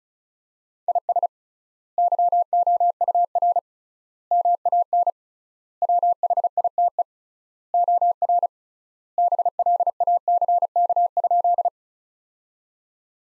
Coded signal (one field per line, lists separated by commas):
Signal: Morse code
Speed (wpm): 34 wpm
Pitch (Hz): 700 Hz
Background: none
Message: IS YOUR MAN WHITE OR BLACK?